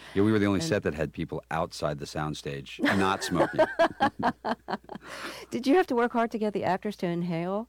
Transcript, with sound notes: yeah, we were the only set that had people outside the sound stage not smoking.
(Laughter) Did you have to work hard to get the actors to inhale?